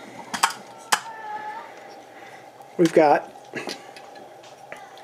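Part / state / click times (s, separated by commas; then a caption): camera back door latch on the SLR body / released / 0.4 s, 0.9 s. The latch on the hinged metal back door of an Olympus OMG 35mm SLR is released to open the film chamber, giving two sharp mechanical snaps at 0.4 s and 0.9 s. The latch pops open and the back is released, and someone talks afterward.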